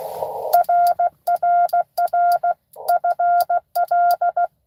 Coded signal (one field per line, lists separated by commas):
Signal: Morse code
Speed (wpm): 16 wpm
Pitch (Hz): 700 Hz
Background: none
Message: RRR FL